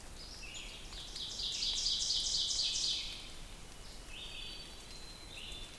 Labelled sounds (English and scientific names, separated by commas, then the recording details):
Ovenbird (Seiurus aurocapilla) song
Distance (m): 35 m
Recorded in boreal forest in Alberta, Canada, on 2 June 2016 at 07:01
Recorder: SongMeter 3, array SBT-3-7
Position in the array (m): 44 m, 159 m
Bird 4